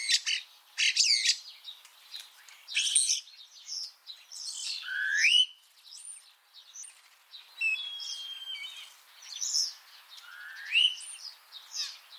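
Common starling calls: a busy jumble of harsh squawks, chattering notes and upward-swooping whistles, with a long flat whistle in the middle, in bursts with short gaps.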